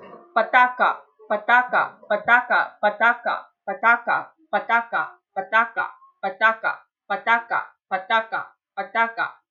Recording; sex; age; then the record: repeated syllables /pa ta ka/; female; 30 to 39 years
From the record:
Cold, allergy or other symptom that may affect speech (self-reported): no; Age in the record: 36 years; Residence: New Jersey, United States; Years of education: 16